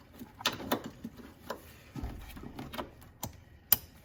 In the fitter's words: click boom that's done deal and now